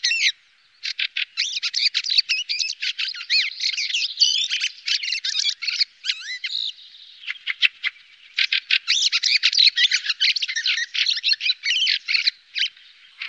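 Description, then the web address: Fieldfare song: a long, dense run of squeaky, chattering and creaky twittering phrases, with brief pauses, continuing almost without break. "Faglar Sound Bjorktrast"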